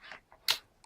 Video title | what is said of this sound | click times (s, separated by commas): aldi xfinity plus 20v sliding mitre saw part 2 | can hear it click so | 0.5 s